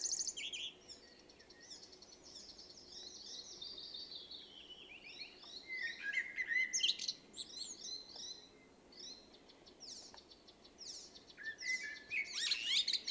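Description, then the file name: Common blackbird singing busy, tumbling phrases of high twitters mixed with lower warbled notes, with several loud bursts and brief quieter gaps. "Turdus merula"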